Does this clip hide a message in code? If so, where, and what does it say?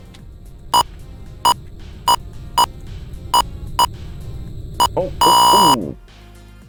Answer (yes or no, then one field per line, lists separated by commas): no